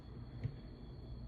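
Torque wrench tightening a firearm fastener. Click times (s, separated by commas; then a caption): 0.4 s. A torque wrench set to 15 inch pounds tightens a fastener on a firearm part. Against a low, steady background hum, the wrench gives a single sharp pop at 0.4 s, signaling that the torque setting has been reached and it won't tighten any further.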